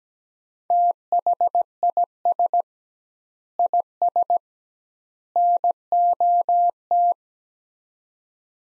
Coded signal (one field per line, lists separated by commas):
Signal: Morse code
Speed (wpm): 17 wpm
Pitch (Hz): 700 Hz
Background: none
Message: THIS IS NOT